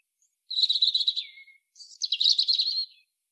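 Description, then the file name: European robin: two rapid, trilling high phrases separated by a short pause, the first ending in a falling slur, with no other sounds. "Erithacus rubecula"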